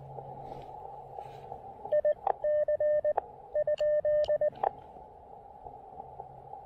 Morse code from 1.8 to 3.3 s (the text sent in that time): I C